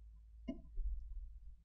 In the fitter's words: then to click you hear a sound.